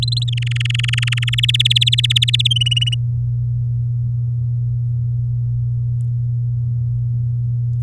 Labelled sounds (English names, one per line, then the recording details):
Domestic Canary song
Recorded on 10 May 2018 at 15:58
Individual llb16